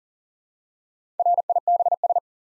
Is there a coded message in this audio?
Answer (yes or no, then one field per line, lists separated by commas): yes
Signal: Morse code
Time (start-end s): 1.2-2.2 s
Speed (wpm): 43 wpm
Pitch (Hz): 700 Hz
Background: none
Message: RIBS